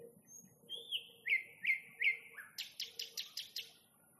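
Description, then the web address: Nightingale song: a thin high whistle, then several slurred notes and a rapid series of sharp repeated notes, clear against a low hum. Nightingale song recorded in May 2021. "spiew-slowika-2021-maj-spiew-slowika"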